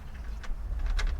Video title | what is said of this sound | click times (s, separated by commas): DUOTTS C29 ELECTRIC E-BIKE UK | You lock that now, and that's | 0.9 s, 1.0 s